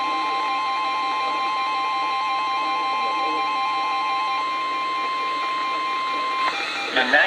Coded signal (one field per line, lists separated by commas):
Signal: Emergency Alert System (SAME) tones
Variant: 1050 Hz attention tone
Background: speech, music